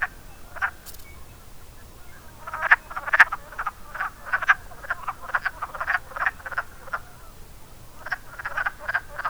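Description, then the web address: Wood frog croaks: a lone cluck, then a burst of rapid clucking chuckles. "zoology woodfrog"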